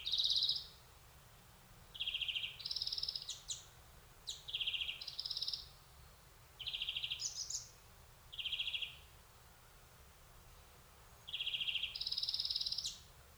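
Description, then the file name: European greenfinch repeating short trilled and buzzy phrases at irregular intervals. "Chloris chloris"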